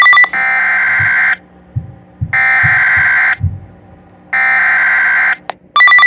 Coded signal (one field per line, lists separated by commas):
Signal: Emergency Alert System (SAME) tones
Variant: header bursts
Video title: XLF339 Severe Thunderstorm Warning #4 - 5 7/3/2021 (EAS #688 - 689)